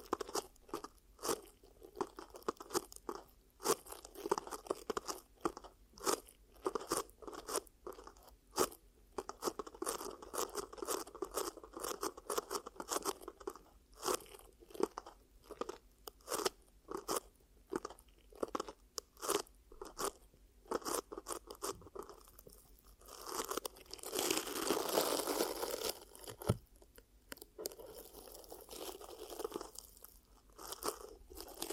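ASMR ear cupping triggers: dense, irregular crunchy rustles and soft taps throughout, with a brighter, hissier stretch around twenty-four to twenty-six seconds.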